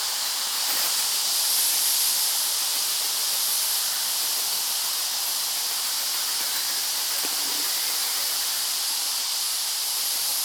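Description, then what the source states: Cicada song, a continuous shrill buzzing drone at high pitch, unchanging in loudness throughout. Species epithet dimissa, family Cicadidae.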